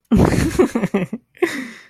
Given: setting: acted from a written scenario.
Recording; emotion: vocal sound without words; amusement